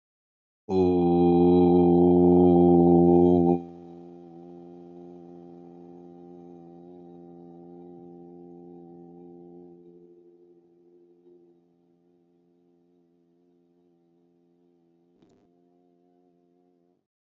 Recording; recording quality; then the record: sustained vowel as in boot; excellent, no background noise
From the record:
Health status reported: healthy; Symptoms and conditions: none ticked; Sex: male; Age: 52 years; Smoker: not ticked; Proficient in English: yes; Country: India